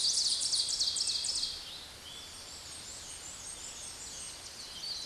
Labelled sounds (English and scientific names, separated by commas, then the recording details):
Ovenbird (Seiurus aurocapilla) song
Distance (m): 15 m
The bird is about level with the microphone
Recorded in a Pennsylvania forest on 16 May 2024 at 06:15
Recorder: AudioMoth, point MSD-1849
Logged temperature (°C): 12.1 °C
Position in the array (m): 38 m, 24 m